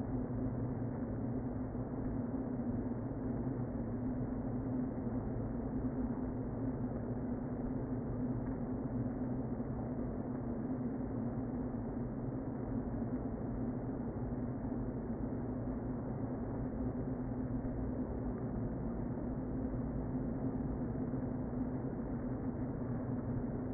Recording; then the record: honeybee colony, microphone inside the hive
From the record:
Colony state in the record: queen present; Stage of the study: before two queens were removed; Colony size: about 60,000 bees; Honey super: yes